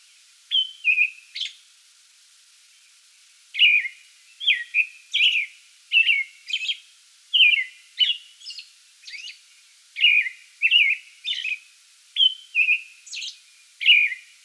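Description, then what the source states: American robin with a few opening phrases, a short gap, then a steady stream of caroling phrases with high squeaky notes. Pre-dawn song bout, recorded 8 May 2022.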